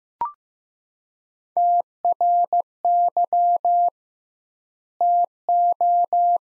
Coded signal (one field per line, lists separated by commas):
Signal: Morse code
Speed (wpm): 15 wpm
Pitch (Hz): 700 Hz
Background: none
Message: TRY TO